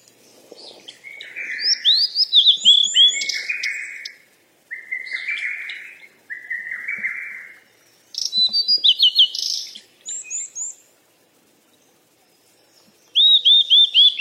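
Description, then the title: Bird chirping in quick varied phrases: rapid repeated downslurred high notes, buzzy trills around mid pitch, and short bursts separated by pauses, one of them long. "鸟儿喳喳"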